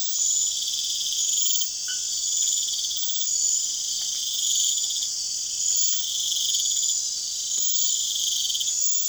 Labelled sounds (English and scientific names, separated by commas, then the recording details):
none
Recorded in pastures near Puerto Asís, Putumayo, Colombia, on 30 June 2025 at 02:00
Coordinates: 0.502, -76.324
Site G010